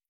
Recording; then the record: hydrophone in a shrimp aquaculture tank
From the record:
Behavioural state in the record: feeding